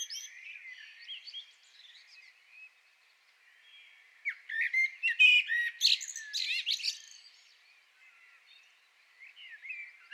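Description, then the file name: Common blackbird: quiet warbling, then a loud burst of whistled notes and high scratchy twitters in the middle, with soft phrases after. "Turdus merula"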